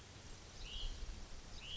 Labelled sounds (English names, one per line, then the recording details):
Hutton's Vireo
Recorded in Sonoma County, California